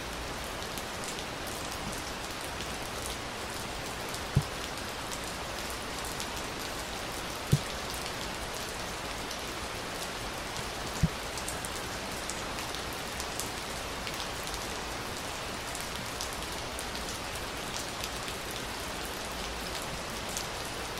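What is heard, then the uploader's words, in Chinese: Steady rain falls throughout, a dense, even hiss of countless drops with fine pattering detail in the upper range. Three brief, sharper taps stand out at about 4, 7.5 and 11 seconds, likely heavier drops striking. ASMR下雨聲。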